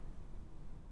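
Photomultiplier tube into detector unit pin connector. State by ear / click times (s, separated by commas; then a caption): not seated / none. A photomultiplier tube is handled with its pins lined up against the pin connector of a new detector unit, ready to be pushed together. Only a steady low rumble and broadband noise are heard, with no distinct impacts. Nothing has seated or clicked yet.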